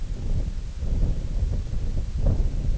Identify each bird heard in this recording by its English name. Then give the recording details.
none. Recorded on Arctic tundra, site IGLO-D, on 20 June 2018. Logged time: 16:00